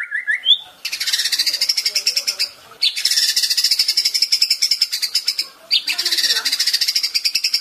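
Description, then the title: White-rumped shama song: a few short opening notes, then harsh buzzy trills in three long bursts separated by brief gaps, the later bursts each opened by a short sliding note. Masteran, a training recording for songbirds. "MURAI BATU LABAIK"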